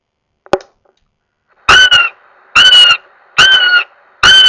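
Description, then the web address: Northern goshawk, a single sharp click, then four loud nasal wails in quick, fairly even succession. "Goshawk. Wailing"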